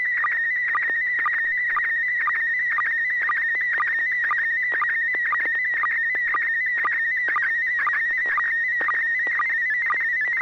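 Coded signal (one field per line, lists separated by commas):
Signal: SSTV (slow-scan television)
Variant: PD120 mode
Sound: steady warbling high tone with rhythmic short low chirps, continuous throughout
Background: low hum, radio hiss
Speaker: okay this will be pd 120 n6pq so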